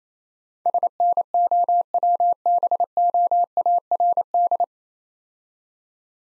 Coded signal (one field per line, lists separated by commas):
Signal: Morse code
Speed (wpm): 32 wpm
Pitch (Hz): 700 Hz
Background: none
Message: SNOWBOARD